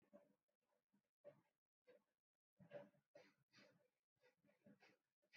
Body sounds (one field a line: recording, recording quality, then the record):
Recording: deep breathing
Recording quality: excellent, no background noise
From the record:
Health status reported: healthy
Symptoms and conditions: none ticked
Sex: male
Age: 22 years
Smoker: not ticked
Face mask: not worn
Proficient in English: yes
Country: India